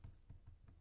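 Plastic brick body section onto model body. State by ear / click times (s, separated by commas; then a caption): not seated / none. A plastic LEGO brick body section is being handled and fitted onto a model's body. About four soft, low knocks are heard, around 0.1, 0.3, 0.5 and 0.7 seconds. Nothing has seated or clicked yet; the clip ends just before the section snaps home.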